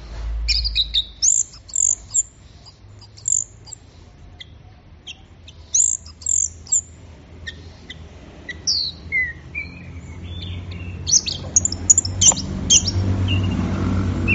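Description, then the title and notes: Orange-headed thrush delivering loose bursts of high, varied whistles and chips with gaps between them, while a low rumbling noise rises toward the end. Bird in gacor (full, vigorous) song. "Anis Merah Gacor Teler. Kumpulan Suara Burung Anis"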